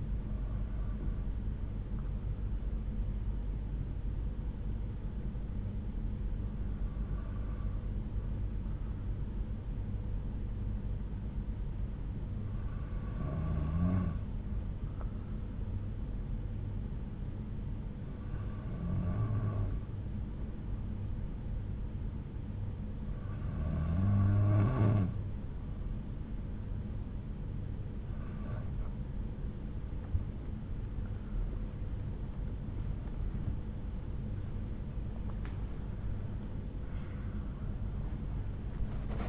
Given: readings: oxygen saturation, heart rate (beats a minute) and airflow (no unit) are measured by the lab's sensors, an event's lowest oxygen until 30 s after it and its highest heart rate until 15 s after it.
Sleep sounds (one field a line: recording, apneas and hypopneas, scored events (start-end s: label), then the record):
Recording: breathing in sleep by a smartphone at the bedside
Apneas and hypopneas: 1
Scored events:
11.00-34.20 s: hypopnea (N2, oxygen 94% highest, then 93% lowest)
From the record:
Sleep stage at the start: N2 (light sleep)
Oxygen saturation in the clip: 93 to 95%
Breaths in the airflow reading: 8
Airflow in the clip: -8.6 to 8.4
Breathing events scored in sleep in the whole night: 368 in 8.0 hours asleep